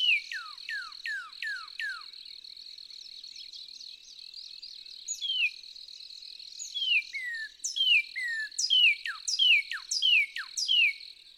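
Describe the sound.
Northern cardinal whistling a quick run of downslurred notes, later a longer varied series of falling whistles, with a constant high-pitched drone throughout.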